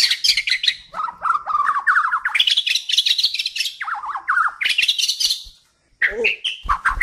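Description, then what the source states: Bird song, a fast, varied stream of chirps and trills sliding between low warbles and high twittering phrases, with a brief pause before sharp closing notes. Described as a champion songbird.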